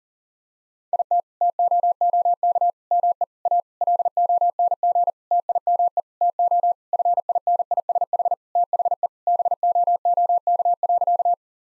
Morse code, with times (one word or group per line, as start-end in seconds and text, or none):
0.9-1.2 IT
1.4-2.7 TOOK
2.9-3.2 ME
3.5-3.6 A
3.8-5.1 LONG
5.3-6.0 TIME
6.2-6.7 TO
6.9-8.3 FINISH
8.6-9.1 THE
9.3-11.3 BOOK.